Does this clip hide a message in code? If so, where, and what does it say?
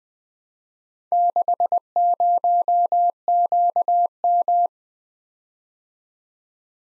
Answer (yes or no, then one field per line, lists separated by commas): yes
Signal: Morse code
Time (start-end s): 1.1-4.7 s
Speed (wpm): 20 wpm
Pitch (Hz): 700 Hz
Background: none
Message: 60QM